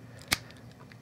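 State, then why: Seated. A plastic tab on one part of a transforming robot toy is pushed into its mating plastic piece, and a single sharp click-thud lands at 0.3 s as the parts seat nice and tight. A few faint ticks and rustles follow against low background hum.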